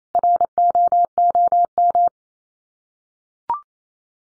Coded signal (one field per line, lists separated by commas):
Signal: Morse code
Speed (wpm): 28 wpm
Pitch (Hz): 700 Hz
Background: none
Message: ROOM